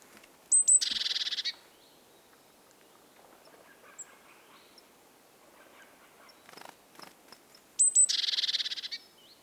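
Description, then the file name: Great tit scolding: a couple of sharp high notes followed by a fast, buzzy, rattling churr, given twice about seven seconds apart over quiet background hiss. "Parus major"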